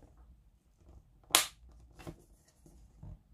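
After its wires are soldered, a small rocker switch is pushed by hand into its cutout in a lamp's plastic housing and snaps in with a sharp, loud click at 1.4 s. Quieter knocks follow around 2.1 s and 3.1 s, and the switch ends up seated in the housing.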